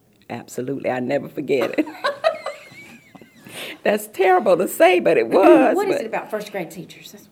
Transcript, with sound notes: Absolutely, I’ll never forget it. (laughter) That’s terrible to say, but it was!
What is it about first grade teachers?